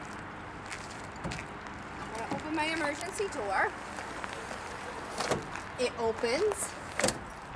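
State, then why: Seated. During a pre-trip inspection, someone talks while a bus's rear emergency door is swung open, with scattered light knocks and clicks along the way. At 7.0 s a sharp metallic clunk is heard as the door's hold-open latch locks into place, holding the door open.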